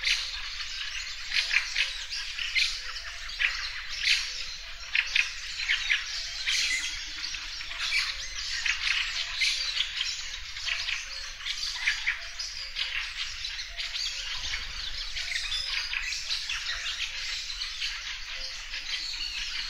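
A lakeside birch wood wakes on an early summer morning, alive with a dense, unbroken chorus of bright chirps and squawks from many birds at once. Sharp calls burst out every second or so, while a faint low rumble runs underneath throughout.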